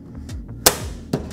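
A plastic cover panel's two pins are lined up with their holes in the housing of a Hei-Vap Industrial instrument and given a little punch so they snap onto the locking mechanism posts. After a few faint taps, a loud sharp hit at 0.7 s seats the panel, followed by a softer knock at 1.1 s.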